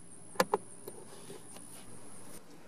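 A USB media hub is slid into its opening in the plastic dash of a 2014–2015 Ford Fiesta during a SYNC 2 to SYNC 3 upgrade. A sharp click is heard at 0.4 s, followed by a second snap at 0.5 s over a faint steady hum. The hub is seated in the dash.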